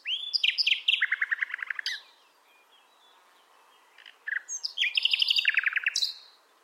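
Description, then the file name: Common nightingale song with two phrases, each opening with high whistled notes and ending in a fast, loud, repeated churring rattle, separated by a quiet pause. "Luscinia megarhynchos"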